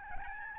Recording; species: mosquito wingbeat signal from an infrared sensor; Aedes albopictus